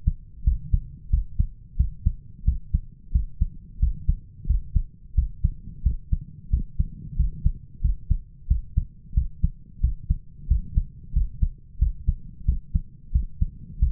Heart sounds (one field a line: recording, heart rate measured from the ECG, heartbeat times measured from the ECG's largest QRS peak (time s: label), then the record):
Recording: heart sounds by stethoscope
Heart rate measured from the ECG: 90 bpm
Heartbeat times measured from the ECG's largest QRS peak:
0.46 s: heartbeat
1.12 s: heartbeat
1.79 s: heartbeat
2.47 s: heartbeat
3.14 s: heartbeat
3.82 s: heartbeat
4.49 s: heartbeat
5.17 s: heartbeat
5.85 s: heartbeat
6.52 s: heartbeat
7.18 s: heartbeat
7.84 s: heartbeat
8.50 s: heartbeat
9.16 s: heartbeat
9.83 s: heartbeat
10.50 s: heartbeat
11.15 s: heartbeat
11.81 s: heartbeat
12.47 s: heartbeat
13.14 s: heartbeat
13.81 s: heartbeat
From the record:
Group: healthy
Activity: rest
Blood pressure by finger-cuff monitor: 134/84 mmHg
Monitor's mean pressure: 102 mmHg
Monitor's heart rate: 90 bpm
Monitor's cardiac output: 7.4 L/min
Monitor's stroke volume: 82 mL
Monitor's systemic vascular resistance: 1030 dyn s/cm5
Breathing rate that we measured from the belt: 18 breaths a minute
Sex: male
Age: 21 years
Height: 175 cm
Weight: 72.6 kg